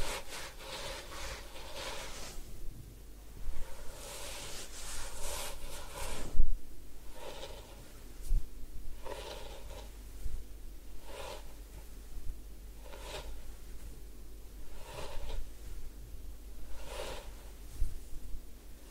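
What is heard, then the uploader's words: Head spa hair wash and massage: soft rubbing and scrubbing strokes come in repeated bursts every second or two, some crisp and bright, others muffled. A steady low hum runs underneath, and a sharper knock lands around six seconds. Head Spa Hair Wash, Massage, Ear Cleaning.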